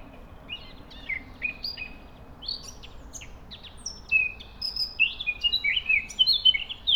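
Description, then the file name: Eurasian blackcap song: a quiet, scratchy warble that swells into loud, clear fluted whistles toward the end, over a steady low background hiss. "Sylvia atricapilla"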